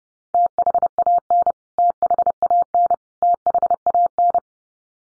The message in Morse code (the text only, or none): THAN THAN THAN